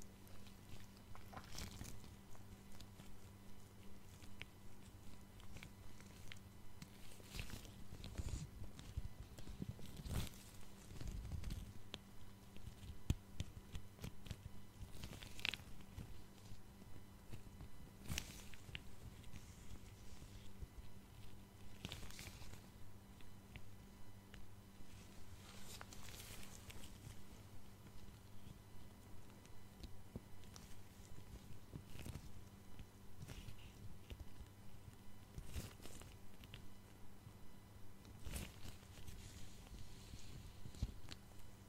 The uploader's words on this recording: ASMR Personal Attention Face Touching with Gloves Tweezers.